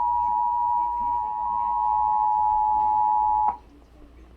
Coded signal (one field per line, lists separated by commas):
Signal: Emergency Alert System (SAME) tones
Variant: 853 and 960 Hz attention tone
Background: speech